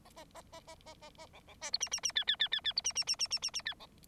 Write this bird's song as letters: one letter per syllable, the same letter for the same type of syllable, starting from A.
A A A A A A A A B B C D E E E F F F F F D E E E E E E E F B